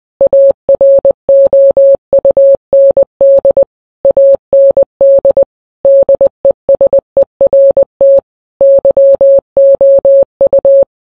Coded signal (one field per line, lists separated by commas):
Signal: Morse code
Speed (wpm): 20 wpm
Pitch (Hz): 550 Hz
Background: none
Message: AROUND AND DESERT YOU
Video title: never going to give you up in Morse code ( the real one is 15 min long I made it shorter )